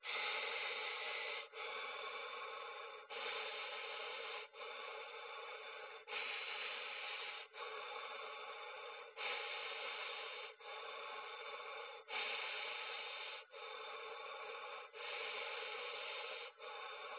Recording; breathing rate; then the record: paced breathing near a phone; 20 breaths a minute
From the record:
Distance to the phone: 20 cm